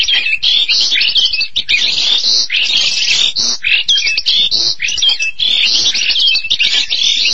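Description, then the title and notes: Starling song: loud, dense chattering with rasping notes and squeaky whistles running continuously. "suara burung jalak"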